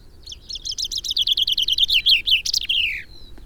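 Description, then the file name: Common chaffinch song, a single full phrase of quick repeated notes that slide downward before a sharp, emphatic terminal flourish. "Fringilla coelebs"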